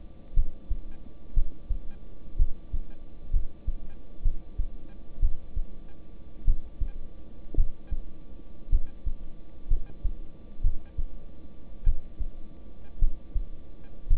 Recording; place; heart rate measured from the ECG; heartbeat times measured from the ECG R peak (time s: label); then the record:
heart sounds by stethoscope; between the tricuspid and mitral areas; 57 bpm
0.34 s: heartbeat
1.34 s: heartbeat
2.37 s: heartbeat
3.31 s: heartbeat
4.23 s: heartbeat
5.20 s: heartbeat
6.45 s: heartbeat
7.55 s: heartbeat
8.70 s: heartbeat
9.68 s: heartbeat
10.62 s: heartbeat
11.84 s: heartbeat
12.99 s: heartbeat
14.08 s: heartbeat
From the record:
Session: rest, lying down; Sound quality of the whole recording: good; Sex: male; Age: 26 years